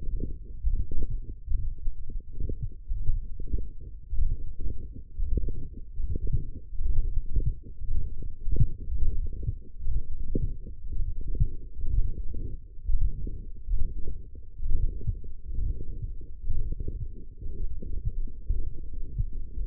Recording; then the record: forearm muscle sounds (acoustic myography)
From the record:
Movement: radial deviation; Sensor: system 1, eight BSWA MPA416 microphones around the upper forearm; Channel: 3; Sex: male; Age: 21 years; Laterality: right